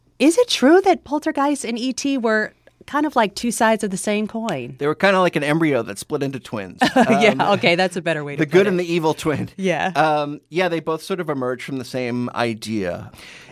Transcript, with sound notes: is it true that "Poltergeist" and "E.T." were kind of like two sides of the same coin?
They were kind of like an embryo that split into twins...
(Laughter) Yeah. OK, that's a better way to put it.
The good and the evil twin.
Yeah.
Yeah. They both sort of emerged from the same idea.